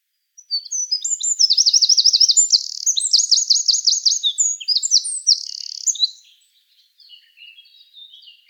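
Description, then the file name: Eurasian wren with a vigorous high-pitched song of rapid trills and ringing notes lasting nearly six seconds, then quieter faint notes afterwards. "Troglodytes troglodytes"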